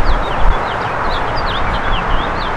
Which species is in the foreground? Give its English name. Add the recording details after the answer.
House Finch. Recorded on Long Island, New York, on 1 June 2012. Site AS. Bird C